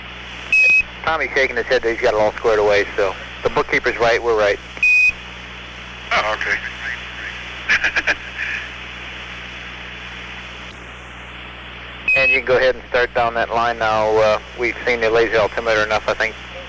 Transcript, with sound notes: Tommy's shaking his head that he's got it all squared away. So, if the bookkeeper's right, we're right.
Oh, okay [laughter].
And you can go ahead and start down that line now. We've seen the laser altimeter enough, I think.